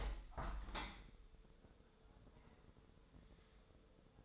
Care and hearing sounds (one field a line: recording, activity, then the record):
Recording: daily activity, microphone in the room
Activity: open window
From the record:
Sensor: 3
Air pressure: 1014.9 hPa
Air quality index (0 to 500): 27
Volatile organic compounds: 1 ppm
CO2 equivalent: 517 ppm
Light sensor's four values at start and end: 10/23/9/9 and 10/23/10/9